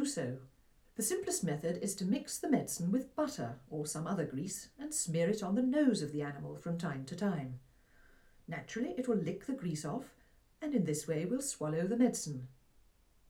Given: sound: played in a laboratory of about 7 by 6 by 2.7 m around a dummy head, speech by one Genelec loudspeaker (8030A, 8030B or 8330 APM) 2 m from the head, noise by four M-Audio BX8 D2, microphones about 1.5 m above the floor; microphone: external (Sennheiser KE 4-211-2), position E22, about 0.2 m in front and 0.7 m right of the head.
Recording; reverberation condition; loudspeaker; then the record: female speech in English; low; 30 degrees to the left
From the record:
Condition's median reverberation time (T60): about 310 ms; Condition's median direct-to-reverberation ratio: about 3.5 dB